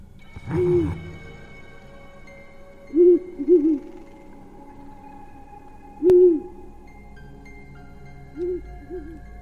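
A distant owl hoots in a forest at night in a slow, irregular series of low, wavering calls, some single and some doubled, over a faint steady hum of night ambience.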